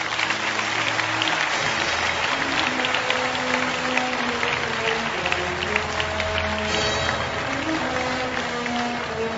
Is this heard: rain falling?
no